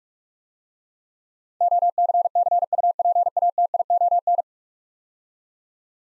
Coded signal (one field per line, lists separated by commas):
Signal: Morse code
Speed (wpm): 48 wpm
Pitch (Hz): 700 Hz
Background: none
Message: OCCUPATION